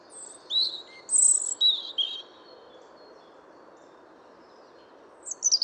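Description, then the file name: European robin song: a quick sequence of high thin whistles and shrill notes, a long pause, then another bright phrase begins at the very end, with a constant low hiss beneath. "Erithacus rubecula"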